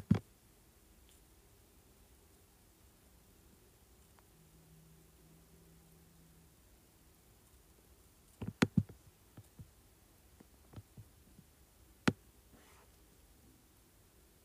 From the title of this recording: Clicking, Scrolling, and Typing on Keyboard